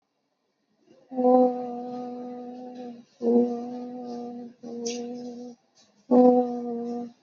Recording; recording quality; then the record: sustained vowel as in boot; excellent, no background noise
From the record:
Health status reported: exposed to COVID-19, no respiratory illness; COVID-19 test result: negative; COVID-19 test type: RT-PCR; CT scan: not taken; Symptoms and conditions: cough, cold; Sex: female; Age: 35 years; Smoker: no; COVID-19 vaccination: both doses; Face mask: worn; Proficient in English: yes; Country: India